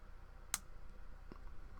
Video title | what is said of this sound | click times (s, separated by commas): Build and Review RG 1/144 Wing Gundam Zero EW By Hobbywave.com | till you hear it pop | 0.5 s